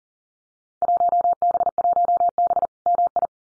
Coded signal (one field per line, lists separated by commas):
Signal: Morse code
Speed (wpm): 39 wpm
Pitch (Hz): 700 Hz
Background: none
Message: 1B1B MI